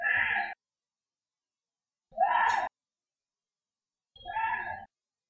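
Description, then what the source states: Deer calls: three harsh, moaning cries, each about half a second long, spaced roughly two seconds apart, with silence between them. Korean deer.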